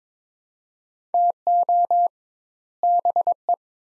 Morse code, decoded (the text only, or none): TO BE